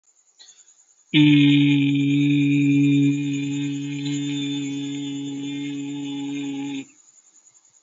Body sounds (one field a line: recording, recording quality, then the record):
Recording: sustained vowel as in beet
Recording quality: excellent, no background noise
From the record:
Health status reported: healthy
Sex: male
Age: 21 years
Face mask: not worn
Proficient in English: yes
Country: India